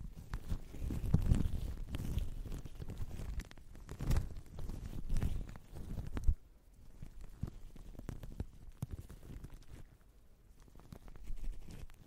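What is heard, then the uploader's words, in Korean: Shaving foam is smeared and patted in dense, squishy, rustling strokes for six seconds, then turns quieter with sparse soft clicks and dabs. 거친듯 부드러운듯 쉐이빙폼 치덕치덕. Shaving foam sound. Zoom H6, 에이포트 핀마이크 AP211.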